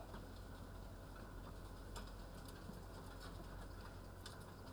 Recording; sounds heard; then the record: poultry house recording; healthy chickens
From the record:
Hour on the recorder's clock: 9